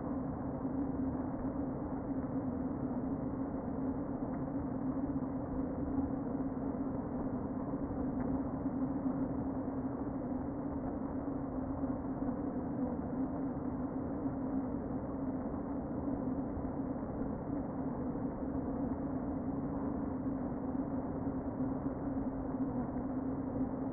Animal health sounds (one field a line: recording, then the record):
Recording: honeybee colony, microphone inside the hive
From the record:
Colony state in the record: queen present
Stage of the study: before two queens were removed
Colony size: about 60,000 bees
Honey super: yes